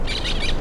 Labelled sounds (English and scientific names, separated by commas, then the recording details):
Brown-throated Parakeet (Eupsittula pertinax) contact call
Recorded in La Tortuga
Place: Isla La Tortuga
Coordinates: 10.925, -65.258